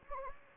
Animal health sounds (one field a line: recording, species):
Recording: mosquito wingbeat signal from an infrared sensor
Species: Anopheles gambiae